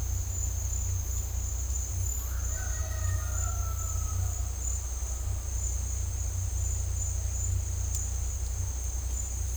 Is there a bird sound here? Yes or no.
no